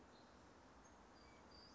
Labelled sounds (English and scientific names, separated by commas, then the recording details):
Western Flycatcher (Empidonax difficilis)
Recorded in Sonoma County, California